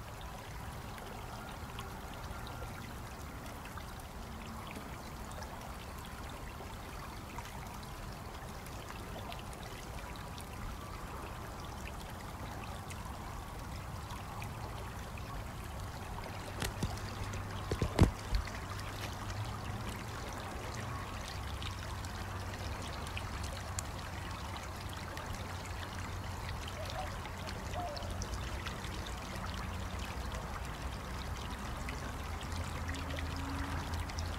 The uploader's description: Natural water stream , life and rain sounds